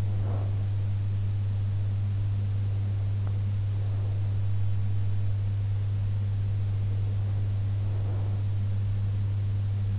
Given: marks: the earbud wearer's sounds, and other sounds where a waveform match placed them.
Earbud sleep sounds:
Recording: sounds in sleep by an in-ear microphone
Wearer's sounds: breath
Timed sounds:
0.00-0.77 s: breath
7.83-8.69 s: breath

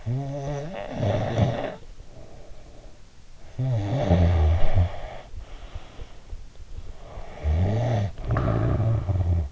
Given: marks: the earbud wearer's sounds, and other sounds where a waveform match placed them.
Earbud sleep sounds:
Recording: sounds in sleep by an in-ear microphone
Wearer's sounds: snoring breath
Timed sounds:
0.00-3.06 s: snoring breath
3.48-6.59 s: snoring breath
6.85-9.47 s: snoring breath

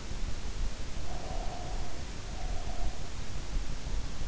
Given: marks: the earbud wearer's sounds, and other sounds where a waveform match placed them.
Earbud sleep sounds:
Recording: sounds in sleep by an in-ear microphone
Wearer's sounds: breath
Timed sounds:
0.92-3.13 s: breath

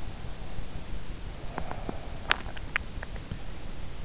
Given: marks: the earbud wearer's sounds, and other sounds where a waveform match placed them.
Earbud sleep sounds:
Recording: sounds in sleep by an in-ear microphone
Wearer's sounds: swallowing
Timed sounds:
1.45-3.65 s: swallowing

